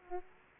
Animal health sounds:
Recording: mosquito wingbeat signal from an infrared sensor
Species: Aedes aegypti

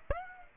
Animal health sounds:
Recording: mosquito wingbeat signal from an infrared sensor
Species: Aedes aegypti

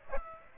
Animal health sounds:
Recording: mosquito wingbeat signal from an infrared sensor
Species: Aedes aegypti

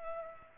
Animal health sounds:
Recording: mosquito wingbeat signal from an infrared sensor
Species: Culex pipiens

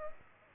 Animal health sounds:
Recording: mosquito wingbeat signal from an infrared sensor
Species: Aedes aegypti

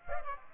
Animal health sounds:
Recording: mosquito wingbeat signal from an infrared sensor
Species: Aedes aegypti

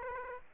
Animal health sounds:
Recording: mosquito wingbeat signal from an infrared sensor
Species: Aedes aegypti

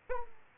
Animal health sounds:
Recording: mosquito wingbeat signal from an infrared sensor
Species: Aedes aegypti

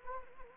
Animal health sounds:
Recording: mosquito wingbeat signal from an infrared sensor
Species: Anopheles arabiensis

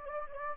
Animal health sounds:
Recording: mosquito wingbeat signal from an infrared sensor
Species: Anopheles gambiae

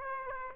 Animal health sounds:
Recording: mosquito wingbeat signal from an infrared sensor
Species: Aedes aegypti

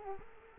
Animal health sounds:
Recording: mosquito wingbeat signal from an infrared sensor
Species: Culex quinquefasciatus

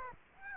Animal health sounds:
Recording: mosquito wingbeat signal from an infrared sensor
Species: Aedes aegypti

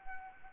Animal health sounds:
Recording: mosquito wingbeat signal from an infrared sensor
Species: Anopheles arabiensis

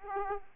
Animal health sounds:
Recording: mosquito wingbeat signal from an infrared sensor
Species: Aedes aegypti

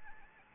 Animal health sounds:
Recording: mosquito wingbeat signal from an infrared sensor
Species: Anopheles gambiae

